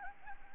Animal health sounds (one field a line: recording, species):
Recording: mosquito wingbeat signal from an infrared sensor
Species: Anopheles gambiae